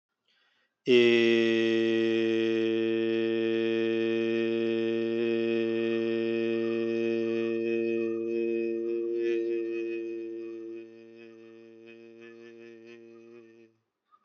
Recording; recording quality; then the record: sustained vowel as in made; excellent, no background noise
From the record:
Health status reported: respiratory illness, not identified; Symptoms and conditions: none ticked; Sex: male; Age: 28 years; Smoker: not ticked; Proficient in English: yes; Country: India